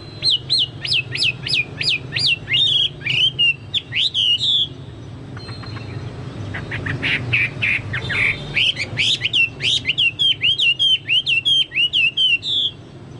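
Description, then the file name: Chinese hwamei song: loud repeated looping whistles, a short quieter gap with buzzy notes, then another rapid stream of slurred whistled phrases over low hum. "hwamei-2-omkicau"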